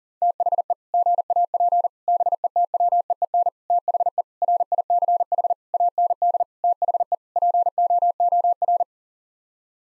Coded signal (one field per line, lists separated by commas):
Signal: Morse code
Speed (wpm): 40 wpm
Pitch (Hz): 700 Hz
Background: none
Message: THE GAP BETWEEN THE RICH AND THE POOR